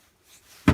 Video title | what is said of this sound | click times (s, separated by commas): Corona RazorTOOTH Folding Pruning Sharp Saw 10 Inch Curved Blade Cutter Branch Twig limb RS 7265D | Really locked into place. | 0.7 s